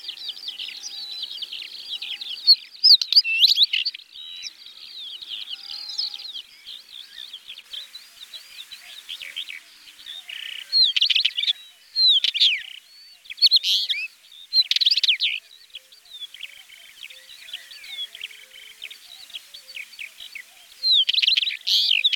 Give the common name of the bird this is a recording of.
Northern Wheatear